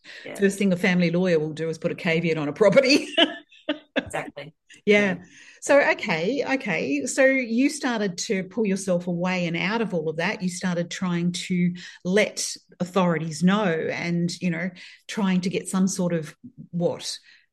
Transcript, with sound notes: First thing a family lawyer will do is put a caveat on a property. (laughs)
Exactly. Yeah.
Yeah. So, okay, okay. So you started to pull yourself away and out of all of that. You started trying to let authorities know and, you know, trying to get some sort of, what?